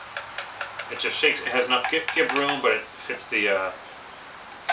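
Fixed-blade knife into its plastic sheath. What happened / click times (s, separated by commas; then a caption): The blade clicked into its sheath / 0.2 s, 0.4 s, 0.6 s. A fixed-blade knife is pushed into its hard plastic sheath, and tick-like clicks sound at 0.2, 0.4 and 0.6 seconds; which of these is the actual lock is unclear. Someone talks over the rest of the clip. The knife ends up locked in place in the sheath.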